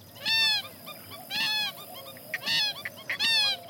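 Purple Gallinule calls: four loud, harsh, honking notes with rich harmonics, and softer short clucks between them.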